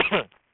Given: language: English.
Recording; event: throat vibration sensor signal played as sound; cough